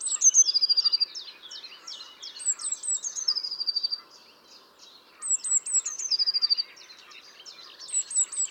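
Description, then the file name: Eurasian blue tit delivering several song phrases, each a few shrill sliding notes running into a fast trill, separated by short pauses and faint chirps. "Cyanistes caeruleus"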